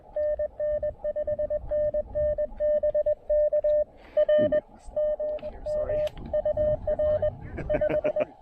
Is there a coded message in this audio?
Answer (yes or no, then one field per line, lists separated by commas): yes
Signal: Morse code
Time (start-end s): 0.2-8.2 s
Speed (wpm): 21 wpm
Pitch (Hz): 600 Hz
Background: speech, radio noise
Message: NN 5NN BK R M M UR 5